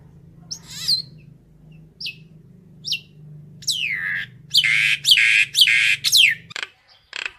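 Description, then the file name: Common myna calls: sharp downslurred whistles, then a run of loud harsh rasping bursts, over a steady low hum. Calls given to gather the flock. "Tieng sao nau goi bay"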